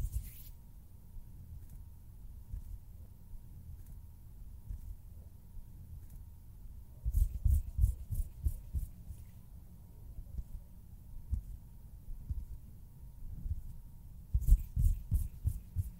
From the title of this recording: HAND SOUNDS, FINGER FLUTTERING, SCISSORS SOUNDS